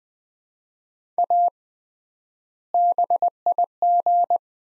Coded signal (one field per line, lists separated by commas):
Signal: Morse code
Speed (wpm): 20 wpm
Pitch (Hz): 700 Hz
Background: none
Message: A BIG